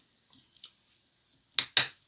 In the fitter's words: Kind of snaps into place, but we are going to hold it in with some PB